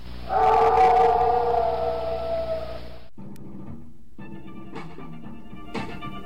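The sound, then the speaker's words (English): A single long, loud wolf howl holds a steady wavering pitch for about three seconds and sags slightly at the end, followed by quieter, lower droning tones with no talking. “Even the man whose heart is pure and says his prayers at night can change to a wolf when the wolfbane blooms and the full moon shining bright.”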